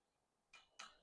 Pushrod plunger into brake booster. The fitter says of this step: You push it back in, go to that first snap to where you hear it click in,